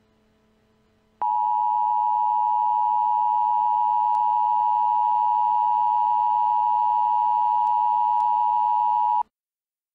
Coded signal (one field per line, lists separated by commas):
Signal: Emergency Alert System (SAME) tones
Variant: 853 and 960 Hz attention tone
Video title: EAS Scenario - Black Hole